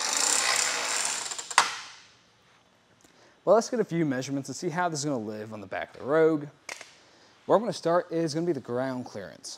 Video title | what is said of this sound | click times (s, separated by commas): How to Set Up Your RockyMounts AfterParty Swing Away Bike Rack for 2 Bikes on a 2023 Nissan Rogue | on the other side you can actually start by pressing that button down and instead it's going to ratchet into place | 1.4 s, 1.5 s, 1.6 s